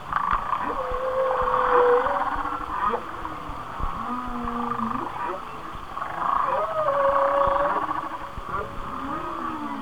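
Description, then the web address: Whale singing a sequence of smooth tonal moans, some rising and some falling, with higher whistled notes layered above a continuous hiss. "Natures Songs Whale Songs Whale Songs"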